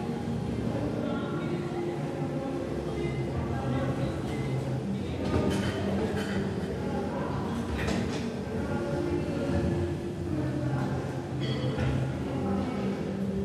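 Gym ambience with a dense, steady bed of low rumble and murmuring voices that hardly changes in level. Short bright clinks of weights cut through every second or two, clustering around the middle and again near the end.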